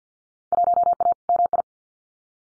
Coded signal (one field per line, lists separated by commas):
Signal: Morse code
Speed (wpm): 50 wpm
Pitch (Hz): 700 Hz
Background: none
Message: 1A MI